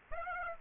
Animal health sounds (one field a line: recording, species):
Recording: mosquito wingbeat signal from an infrared sensor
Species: Aedes aegypti